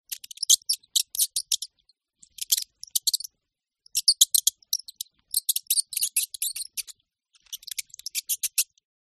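Mouse squeaking, very high, thin chirps in quick irregular clusters separated by short pauses, with no other sounds.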